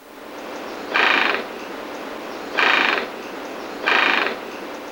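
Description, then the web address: Gray-breasted Mountain Toucan giving harsh, nasal, braying calls, each about half a second long, three in a row roughly every one and a half seconds. Recorded in Ecuador. "Birds of Ecuador. Gray-Breasted Mountain Toucan"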